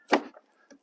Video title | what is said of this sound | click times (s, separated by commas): 21 WRANGLER UNLIMITED SOFT TOP AND DOOR REMOVAL | you'll hear it you hear a snap now it's locked so now that that'll keep the top from coming back up | 0.1 s